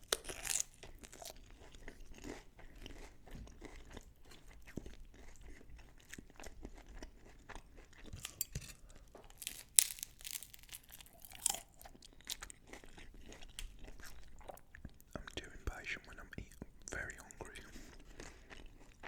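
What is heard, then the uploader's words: Someone eats a lamb bhuna curry with garlic naan and poppadums, with irregular crunches and bites scattered across the clip. Sharp crisp snaps stand out near 10 and 11.5 seconds, between quieter chewing and soft mouth sounds over a low steady hum. Eating Lamb Bhuna Curry With Garlic Naan Bread & Poppadum's (ASMR MUKBANG).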